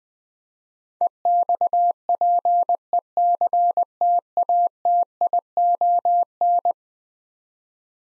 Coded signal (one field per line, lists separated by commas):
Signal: Morse code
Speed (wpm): 20 wpm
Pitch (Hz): 700 Hz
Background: none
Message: EXPECTATION